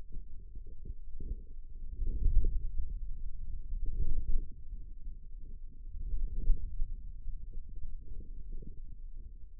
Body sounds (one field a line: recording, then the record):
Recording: forearm muscle sounds (acoustic myography)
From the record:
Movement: ulnar deviation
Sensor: system 2, bracelet of six BSWA MPA416 microphones around the upper forearm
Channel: 4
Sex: male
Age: 22 years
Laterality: right